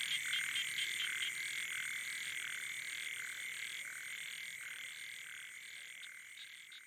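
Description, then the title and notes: Frogs and toads: frogs in a pulsed croaking chorus that gradually fades, rhythmic calls over a constant high hum. Night chorus on the shore of Boeng Thum lake, Cambodia, around 23:00 on 12 December 2018, as human noise gives way to wildlife. "Soirée aux batraciens - Cambodge. 12 décembre 2018 Sur le bord du lac "Boeng Thum" vers 23h00 au moment ou le silence des hommes laisse place au monde sauvage"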